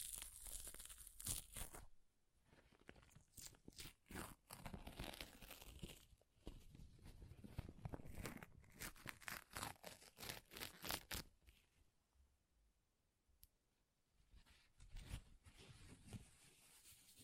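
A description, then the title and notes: Paper rips and tears in a rapid run of sharp, crackling bursts, thinning to scattered tears after about eleven seconds, then a final flurry. ASMR Paper Ripping Tearing Sounds (No Talking).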